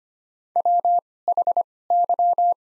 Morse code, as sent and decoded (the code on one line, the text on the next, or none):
.-- .... -.--
WHY